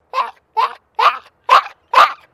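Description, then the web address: Maltese: small dog giving five short, high yappy barks about every half second. Small dog barking in a distressed state. "Sound Effects-Foundation 2 DOG MALTESE TERRIER DISTRESSED BARKING"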